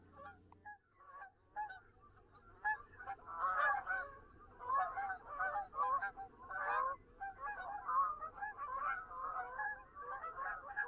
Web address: Wildlife Identification By Sound, Eastern North America Pt 2. Canada Goose